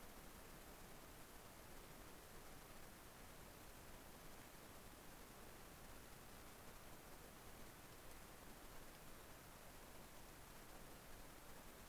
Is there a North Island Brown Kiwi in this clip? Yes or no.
no